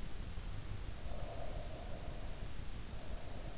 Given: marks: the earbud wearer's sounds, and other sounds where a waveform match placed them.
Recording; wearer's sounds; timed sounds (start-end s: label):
sounds in sleep by an in-ear microphone; breath
0.81-3.44 s: breath